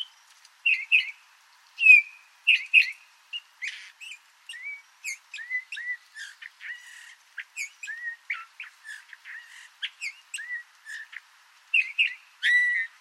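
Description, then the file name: Eurasian bullfinch calls: gentle, downward-curving piped whistles mixed with brief sharp chirps and ticking notes throughout. "Bouvreuil pivoine"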